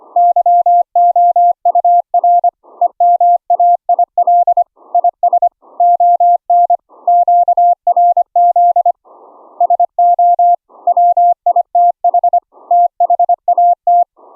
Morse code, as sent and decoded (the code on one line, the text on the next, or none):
-.-- --- ..- .-. / . -- .- .. .-.. / .. ... / --- -. / --.- .-. --.. / ... --- / .-- .. - .... / - .... .- -
YOUR EMAIL IS ON QRZ SO WITH THAT